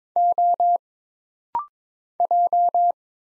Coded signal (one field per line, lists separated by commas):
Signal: Morse code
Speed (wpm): 23 wpm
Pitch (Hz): 700 Hz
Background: none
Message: O J